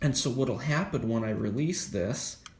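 A Fire-Lite BG-10 fire alarm pull station, with its front cover open, has its pull handle held down, the condition that can persist for years while its rubber seal deteriorates. Someone talks throughout as the handle is about to be released. Nothing has seated or clicked back into place yet.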